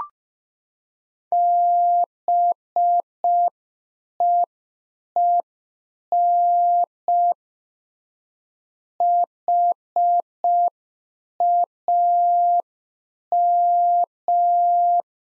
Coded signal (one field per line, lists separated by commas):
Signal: Morse code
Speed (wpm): 5 wpm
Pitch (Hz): 700 Hz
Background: none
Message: BEEN HAM